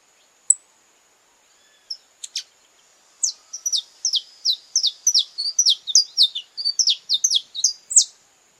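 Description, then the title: Belgian canary singing: scattered bright chips give way to a quick, steady series of downslurred high whistles, several per second, with a faint constant high-pitched tone behind. Purebred Belgian canary. "Canto Do Canário Belga Puro"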